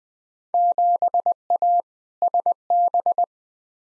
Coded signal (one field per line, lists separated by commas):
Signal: Morse code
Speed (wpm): 21 wpm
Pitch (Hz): 700 Hz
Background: none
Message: 7A SB